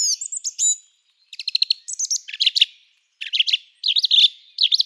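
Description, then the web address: Song thrush singing bright, high phrases: a whistled opening, then quick rattling note groups and twisting chirps, broken by short pauses, with no other sounds. "Schulze Peter Song Thrush song"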